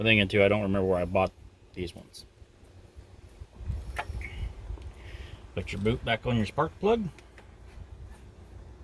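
Someone talks while handling a rubber spark plug wire boot that is about to be pushed back onto the spark plug terminal, with brief handling knocks around 4.0, 4.3, 4.8 and 7.4 seconds. The boot has not seated or clicked onto the plug yet.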